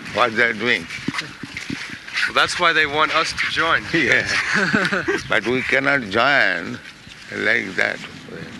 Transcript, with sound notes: What they are doing?
Well, that's why they want us to join.
[chuckles] Yes. But we cannot join like that way.